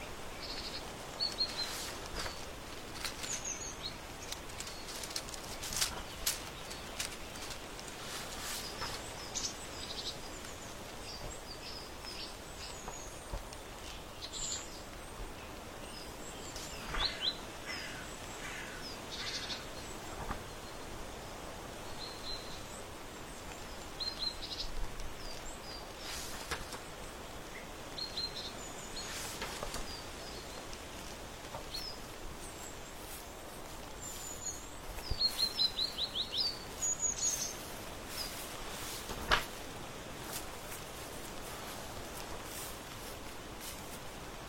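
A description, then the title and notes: Birdsong on a porch in autumn: short chirps and tweets come and go over a steady low hiss. Frequent dry crunching and rustling clicks scatter throughout, with a busier, louder patch of crackles and a sharp chirp near the end. Breakfast vibes on the porch in autumn. Warm days, birdsong, crunchy leaves, flipping books.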